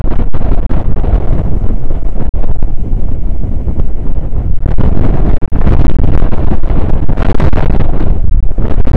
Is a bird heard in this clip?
no